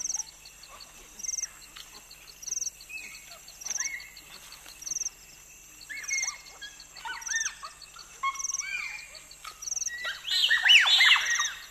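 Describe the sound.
Bonobo calls: quiet insect pulses at first, then a growing run of high arched yelps and a loud chorus of squeals toward the end.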